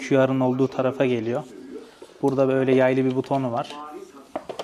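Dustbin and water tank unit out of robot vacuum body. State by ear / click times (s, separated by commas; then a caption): released / 4.4 s. A spring-loaded button on a Roborock robot vacuum is pressed to release the plastic dustbin and water tank unit from the vacuum body. Someone talks through most of the clip, then a sharp click is heard at 4.4 s with a couple of smaller clicks just after, as the unit comes out.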